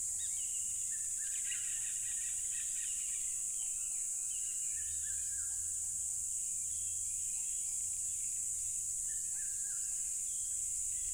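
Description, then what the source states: Crickets hold a steady, high, ringing chorus for the whole stretch, while a few birds chirp and twitter at lower pitch. Loud crickets recorded at a tropical river.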